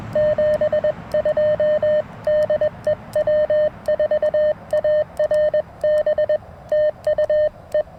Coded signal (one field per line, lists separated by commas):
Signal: Morse code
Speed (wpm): 21 wpm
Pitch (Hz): 610 Hz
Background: none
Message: 72 DE W4ARB TUE